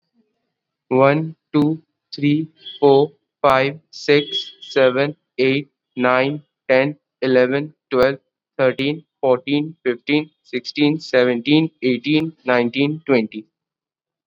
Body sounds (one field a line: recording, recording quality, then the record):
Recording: counting at a normal pace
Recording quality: excellent, no background noise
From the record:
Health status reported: COVID-19 positive, mild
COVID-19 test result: positive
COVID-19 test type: RT-PCR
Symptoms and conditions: cough, sore throat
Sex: male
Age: 18 years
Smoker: no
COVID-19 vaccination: both doses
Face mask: worn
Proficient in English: yes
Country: India